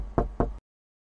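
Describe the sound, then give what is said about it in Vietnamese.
Two firm, dull knocks on a cabin door aboard a ship at sea, each a short thud with a low, woody body, followed by silence. “Anh Đào đang ngồi ở phòng Hoàng Mai thì bất chợt nghe có tiếng gõ cửa.”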